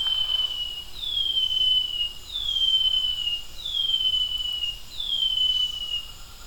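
Brown-headed greenlet giving a series of five thin whistles that glide down to a level tone, spaced over quiet background hiss.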